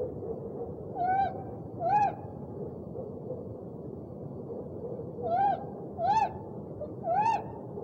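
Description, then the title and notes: Owl calling in two bursts of short, bent harmonic hoots, two calls then three, with a low steady background hum throughout. Part of a set of 69 call variants from 11 owl species. "Sovy - Eulen - Owls. 69 variant hlasů - 11 druhů sov"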